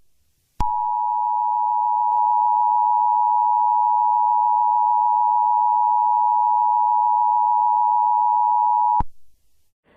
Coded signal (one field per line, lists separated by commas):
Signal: Emergency Alert System (SAME) tones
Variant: 853 and 960 Hz attention tone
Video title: EAS scenario #1: The doom Rig